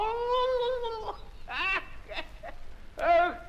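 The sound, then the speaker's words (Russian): A voice imitates a turkey: a drawn-out, steady nasal tone for about a second, followed by a few short, wobbling gobble-like bursts, the last one loudest. “Индюк.”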